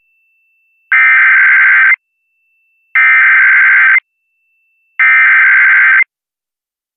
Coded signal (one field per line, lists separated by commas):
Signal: Emergency Alert System (SAME) tones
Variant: header bursts